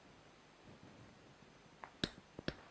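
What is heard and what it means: A torque wrench tightens the 4th-stage valve assembly on an Atlantic Nardi Compressori compressor (valve and cylinder head bolts) to about 50 Nm. After a quiet stretch with faint handling noise, sharp metallic clicks ring out at 2.0 s and 2.5 s as the wrench breaks at its setting. Weaker ticks come just before each, at 1.8 s and 2.4 s.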